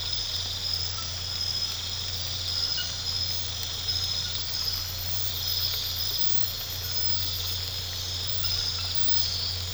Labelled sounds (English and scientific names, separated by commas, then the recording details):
none
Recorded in pastures near Puerto Asís, Putumayo, Colombia, on 8 March 2025 at 00:00
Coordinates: 0.472, -76.329
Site G074